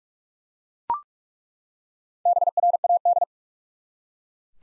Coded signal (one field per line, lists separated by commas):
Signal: Morse code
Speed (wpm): 41 wpm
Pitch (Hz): 700 Hz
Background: none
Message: BRAD